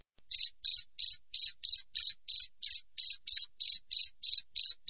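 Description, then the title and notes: Cricket chirps, high and pulsed, repeating evenly about three times a second with no other sounds. Wild cricket (jangkrik alam), clear chirping with tight, close intervals, offered as a tutor recording for training songbirds and for repelling rats. "Masteran Jangkrik Alam Jernih, Jeda Rapat Cocok Untuk Masteran Burung Dan Mengusir Tikus. suara jangkrik"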